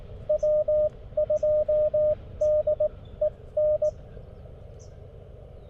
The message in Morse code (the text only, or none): W2DEN